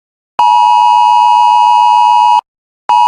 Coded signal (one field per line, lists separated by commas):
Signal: Emergency Alert System (SAME) tones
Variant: 853 and 960 Hz attention tone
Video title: a teaser for an upcoming plush video of mine. #scary #creepy #eas #teaser #emergencyalertsystem